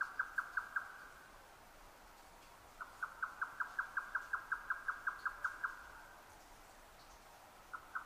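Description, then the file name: Grey nightjar song of evenly spaced, clipped tapping notes: a short burst, a pause, a longer run, another pause, then a few notes starting again at the end. Recorded 12 June 2009 at 22:41. "yotaka-20090612-2241"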